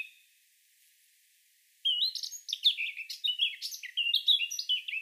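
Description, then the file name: Eurasian blackcap song: a rich, fast warbling phrase of varied whistled and scratchy notes starting after a short quiet gap, continuing to the end. "Sylvia atricapilla"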